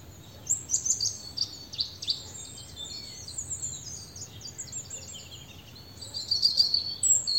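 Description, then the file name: European robin delivering high, jumbled silvery phrases in near-continuous succession, with louder notes near the start and end. "Erithacus rubecula"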